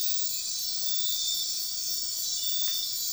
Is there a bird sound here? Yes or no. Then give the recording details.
no. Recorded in dense forest near Puerto Asís, Putumayo, Colombia, on 4 March 2025 at 03:30. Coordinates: 0.500, -76.322. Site GP06